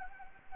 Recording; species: mosquito wingbeat signal from an infrared sensor; Anopheles gambiae